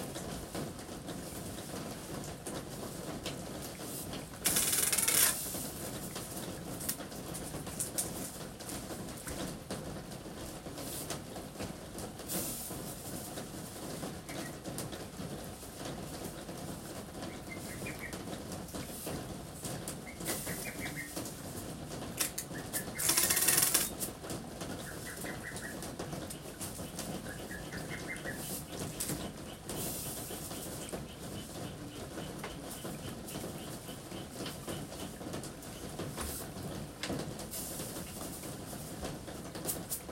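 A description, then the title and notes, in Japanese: Steady, dense rain patters on a roof under the eaves, with two sharp loud bursts near five and twenty-three seconds and faint chirps. 今日は梅雨の雨の日。屋根に降る雨の音。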